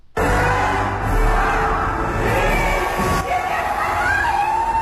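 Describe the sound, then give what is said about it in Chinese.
A large crowd of residents cheers and shouts continuously as the 2018 Beijing New Year countdown at Yongdingmen Park reaches zero and the New Year bell rings, a dense wall of voices with high-pitched whoops and screams rising above the roar, sustained at full loudness throughout. “随着倒计时归零，新年钟声响起，现场的观众欢呼雀跃着迎接2018年新年的到来。”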